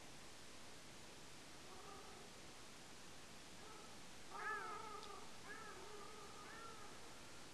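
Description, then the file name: Ruddy shelduck nasal honking calls, faint and harmonic, several from about 2 seconds on, one louder midway, over steady background hiss. Nocturnal flight calls recorded at Lingshan, Beijing, on 21 April 2024 at about 02:57. "LINGSHAN. Ruddy Shelduck series"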